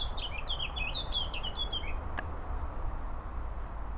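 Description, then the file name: Eurasian blackcap song, a fast twittering warble of about two seconds, followed by a faint click and quiet low hum. "Sylvia atricapilla"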